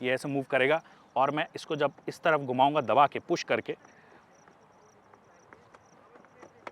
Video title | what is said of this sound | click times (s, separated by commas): India’s Best? Hero Xoom 160 Ride Impressions | ऐसे ये आपका लॉक हो गया। | 6.7 s